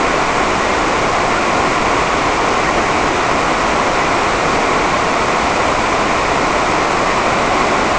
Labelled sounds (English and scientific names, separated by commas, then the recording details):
none
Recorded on Arctic tundra, site NAIT-1, on 28 June 2018
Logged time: 07:00